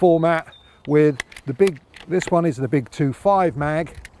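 Someone talks while handling the large 2.5 magazine of a Benjamin Marauder 12 ft-lb air rifle, about to insert it into the breech block. Speech fills the clip with only faint handling noise between words. The magazine has not seated or clicked yet.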